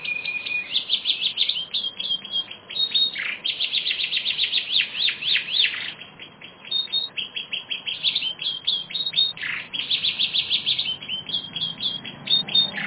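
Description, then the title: Canary song, a fast run of buzzy rolls and bright repeated chirps, broken by a couple of short sweeping notes. "kenarijos"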